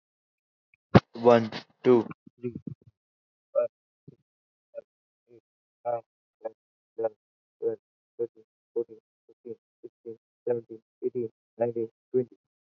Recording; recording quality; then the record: counting at a normal pace; moderate, slight background noise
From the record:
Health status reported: healthy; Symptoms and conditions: cough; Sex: male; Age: 20 years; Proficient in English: yes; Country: India